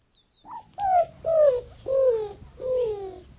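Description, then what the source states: Greater Roadrunner giving soft, low cooing notes, five in a row, each sliding downward, with faint background noise. Soft cooing voice, likened to a lonely puppy, hinting at roadrunners' kinship with the cuckoos.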